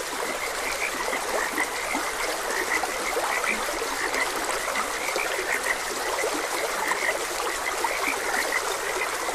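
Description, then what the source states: Frogs croaking in short, bright, repeated notes, scattered steadily throughout over a constant rushing trickle of stream water. Frogs croaking beside a gentle stream.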